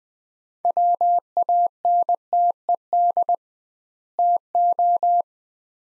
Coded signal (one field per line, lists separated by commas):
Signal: Morse code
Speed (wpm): 20 wpm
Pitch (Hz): 700 Hz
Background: none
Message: WANTED TO